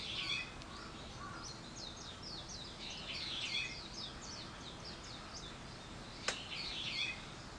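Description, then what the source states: Bird chirps: bright, high descending notes delivered in quick irregular runs, with a few lower notes early on and a single sharp click partway through. Wild birds; 21 April 2023.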